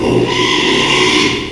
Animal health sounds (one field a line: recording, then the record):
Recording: squeal of a Yucatan mini pig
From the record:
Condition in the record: after surgery on the right vocal fold (resection and tissue-engineered implant)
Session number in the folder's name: 1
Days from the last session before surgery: 6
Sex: male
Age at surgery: 12 weeks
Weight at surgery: 13 kg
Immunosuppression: cyclosporine, prednisolone